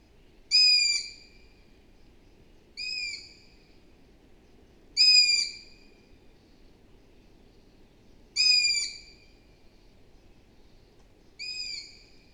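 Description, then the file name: Long-eared owl calling five times, each a high, grating squeak, repeated at gaps of a few seconds. "Hibou moyen-duc - Asio otus"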